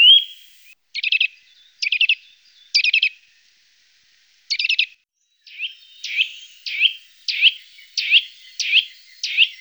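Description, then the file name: Eurasian nuthatch calls: short clusters of quick chipping notes, then a steady run of clear upslurred whistled notes repeated about every half second. "Kleiber"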